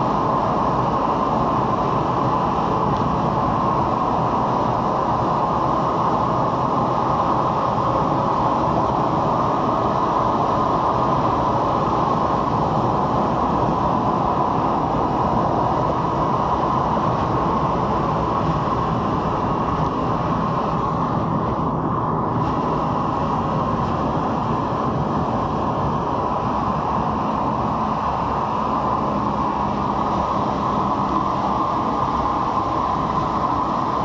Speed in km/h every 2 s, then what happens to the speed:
93, 90, 90, 90, 92, 92, 93, 90, 90, 88, 86, 82, 79, 76, 73, 70, 68.
0-16 steady at about 90. 16-34 slows to 68.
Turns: none.